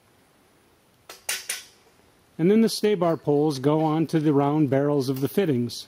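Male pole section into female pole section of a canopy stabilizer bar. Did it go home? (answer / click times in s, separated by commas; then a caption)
yes / 1.3 s. The crimped male end of a metal EZ-UP Stabar canopy stabilizer pole section is slid into the female pole section, making a short burst of sharp metallic hits from about 1.1 to 1.5 s. The loudest of these, at 1.3 s, is the click as the sections seat together. After a brief quiet, someone talks from about 2.4 s onward.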